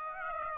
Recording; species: mosquito wingbeat signal from an infrared sensor; Aedes aegypti